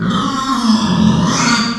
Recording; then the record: squeal of a Yucatan mini pig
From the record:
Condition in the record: after surgery on the right vocal fold (resection and tissue-engineered implant); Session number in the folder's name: 14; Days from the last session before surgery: 133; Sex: female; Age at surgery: 19 weeks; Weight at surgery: 25 kg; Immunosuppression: prednisolone